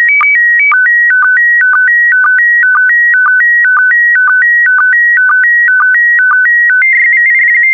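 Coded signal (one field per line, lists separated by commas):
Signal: SSTV (slow-scan television)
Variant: PD120 mode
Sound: electronic warbling tone stepping between two pitches, short low chirps twice a second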